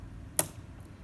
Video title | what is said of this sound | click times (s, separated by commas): Thread a Sewing Machine with L.J. | make sure that it snaps in place and you'll wrap your thread around | 0.4 s